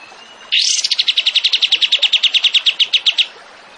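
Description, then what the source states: Tembakan bird song: one high rising note opening into an even, rapid trill of bright pulses lasting nearly three seconds. Masteran (training recording for songbirds) of a tembakan bird in active, full song (gacor).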